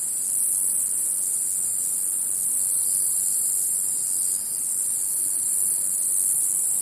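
Cicada song, a dense high-pitched buzz running steadily throughout, with a short dip in volume shortly after four seconds.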